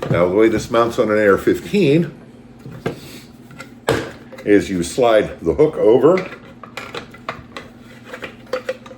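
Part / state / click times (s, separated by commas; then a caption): plastic brass catcher onto rifle magazine well / not seated / none. Someone talks while handling a thick plastic brass catcher, sliding its hook over the magazine well of an AR-15, with sharp plastic taps and knocks around 2.9, 3.9, 6.8, 7.3 and 8.5 seconds. The brass catcher has not yet been pressed into place, and nothing has seated or clicked yet.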